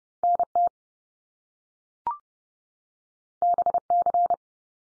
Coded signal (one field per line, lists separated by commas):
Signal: Morse code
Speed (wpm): 32 wpm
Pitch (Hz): 700 Hz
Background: none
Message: NT BC